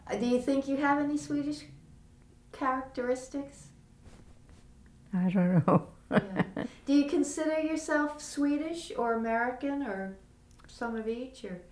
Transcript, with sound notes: Do you think you have any Swedish characteristics?
I don't know [Laughs]
Do you consider yourself Swedish, or American, or some of each?